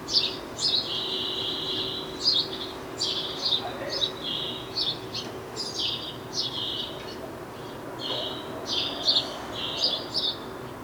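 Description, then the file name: House sparrow chirping steadily, a busy series of short, bright chirps repeated in quick bunches, with soft background rumble. "Passer domesticus"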